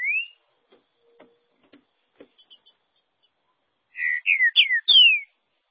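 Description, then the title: Green-winged saltator song: one rising whistle, soft clicks, then a quick phrase of several rich, slurred whistles at the end. "Trinca Ferro"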